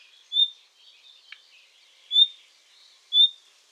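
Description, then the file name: Common nightingale giving three loud, pure, level whistles one to two seconds apart, with fainter notes between. "Luscinia megarhynchos"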